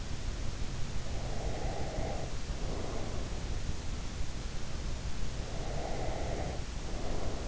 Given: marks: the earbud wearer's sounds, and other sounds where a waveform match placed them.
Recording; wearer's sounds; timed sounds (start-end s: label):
sounds in sleep by an in-ear microphone; breath
1.05-3.14 s: breath
5.45-7.48 s: breath